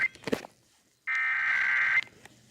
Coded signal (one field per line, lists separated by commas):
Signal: Emergency Alert System (SAME) tones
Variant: header bursts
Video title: Iowa Required Monthly Test (EAS #73-75)